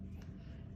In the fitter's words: and push the eye through and it'll click into place like that